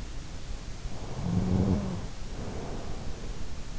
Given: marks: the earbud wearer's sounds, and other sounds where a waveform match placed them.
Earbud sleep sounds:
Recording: sounds in sleep by an in-ear microphone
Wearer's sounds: snoring breath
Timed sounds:
0.83-3.67 s: snoring breath

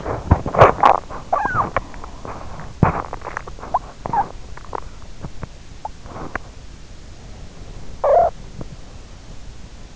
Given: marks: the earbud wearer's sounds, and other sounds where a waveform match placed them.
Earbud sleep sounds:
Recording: sounds in sleep by an in-ear microphone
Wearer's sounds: teeth grinding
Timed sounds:
0.00-9.11 s: teeth grinding

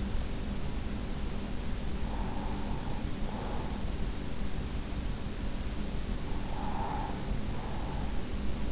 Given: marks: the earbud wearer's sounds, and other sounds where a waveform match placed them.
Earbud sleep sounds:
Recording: sounds in sleep by an in-ear microphone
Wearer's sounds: breath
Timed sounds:
1.61-3.98 s: breath
6.24-8.72 s: breath

